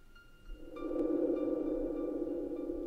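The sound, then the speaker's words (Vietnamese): Hollow, droning wind howls steadily, swelling up after a quieter first moment and holding a low moaning roar with faint whistling tones above it. No one speaks. “Chỉ còn những cơn gió thổi ù ù, ù ù qua.”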